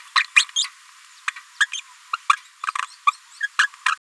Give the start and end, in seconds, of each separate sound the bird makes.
0.15-0.23, 0.36-0.44, 0.56-0.66, 1.60-1.66, 1.73-1.80, 2.13-2.16, 2.29-2.33, 2.67-2.71, 3.40-3.47, 3.59-3.67, 3.86-3.95